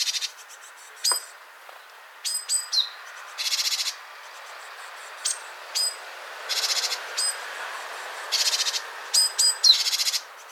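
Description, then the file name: Great tit ticks and buzzy churrs repeated throughout, over steady background hiss. "Parus major"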